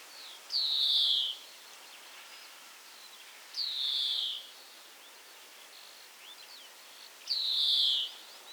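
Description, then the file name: European greenfinch wheezing: three long, nasal, falling buzzes spaced roughly three to four seconds apart, with faint chirps in the background. "Chloris chloris"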